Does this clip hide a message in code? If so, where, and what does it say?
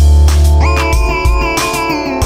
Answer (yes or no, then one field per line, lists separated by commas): no